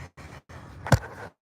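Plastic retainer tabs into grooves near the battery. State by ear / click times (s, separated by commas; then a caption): seated / 0.9 s. Plastic retainer tabs near the battery of a 2012 Chevy Malibu LTZ, checked during charging-issue diagnostics, are slipped into their grooves on both sides and pushed in until they lock. Two sharp clicks come at 0.9 s and 0.9 s over steady low background noise, the second much louder. The tabs are locked into place.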